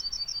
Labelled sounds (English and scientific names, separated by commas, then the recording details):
Yellowhammer (Emberiza citrinella) song
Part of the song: start
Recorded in the Czech Republic on 17 May 2013
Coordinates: 50.637, 13.770
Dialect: BC
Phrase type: H5
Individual 295636